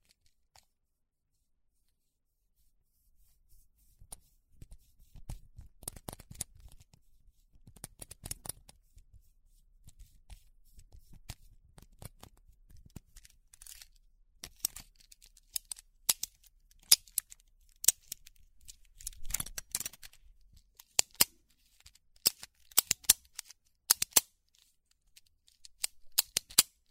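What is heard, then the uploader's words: Pens are clicked and tapped, starting sparse after a few seconds of near silence and growing busier. Sharp, bright clicks come in irregular bursts, with soft low thumps and rustling between them, densest in the last ten seconds. 原子筆｜Playing Pens.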